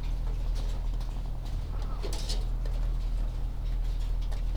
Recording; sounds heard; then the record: poultry house recording; sick chickens (respiratory disease)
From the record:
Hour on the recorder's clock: 17